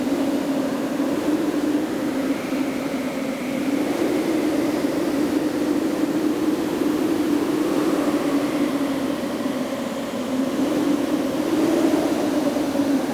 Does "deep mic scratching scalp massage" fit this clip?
no